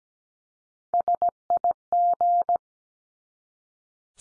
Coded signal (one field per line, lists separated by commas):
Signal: Morse code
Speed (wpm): 17 wpm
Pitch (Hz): 700 Hz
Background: none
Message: SIG